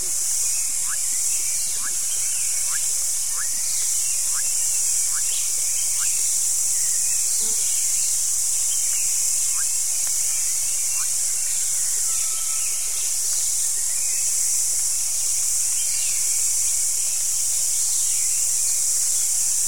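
A steady, bright wash of insects hums through the whole stretch, dense and unchanging. Over it, short rising bird calls repeat at a regular pace through the first half, with scattered chirps and a brief thin whistle later on.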